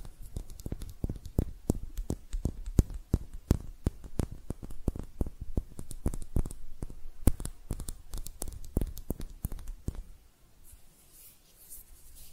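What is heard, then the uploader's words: Hand sounds: a dense run of quick, irregular taps and scratches, sharp and clicky, for about ten seconds, then near silence with faint rustling. ASMR Relaxing Hand Sounds (No Talking).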